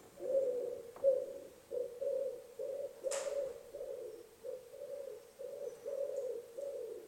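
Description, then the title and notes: Bird giving a series of low cooing notes in short pulses, with a sharp click partway through. Unusual-sounding bird noises recorded at Richard-Sorge-Strasse. "Freaky Bird Noises at Richard-Sorge-Strasse by Marie Elliott"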